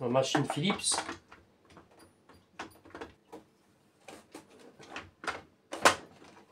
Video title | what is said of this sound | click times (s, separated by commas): Saeco Odea Giro 4 èmes Partie 12 Ans Plus Tard… Dernier Espresso ou Nouveau Départ Direction l' | Voilà, on a entendu le clic. | 5.3 s